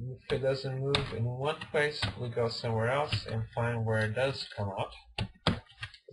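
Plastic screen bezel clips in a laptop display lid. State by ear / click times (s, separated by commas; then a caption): released / 5.2 s, 5.5 s. On a Dell Inspiron 15Z laptop, the plastic screen bezel is worked around the display lid while someone talks, popping its clips out one area at a time. Sharp snaps ring out at 5.2 s and 5.5 s as the clips release, and the bezel comes out unevenly.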